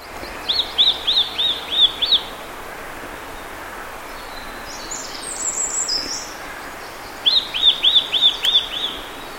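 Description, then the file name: Eurasian nuthatch calls, two quick series of about six arched, ringing notes, with a fainter twittering phrase between them and steady background hiss. "Sitta europaea"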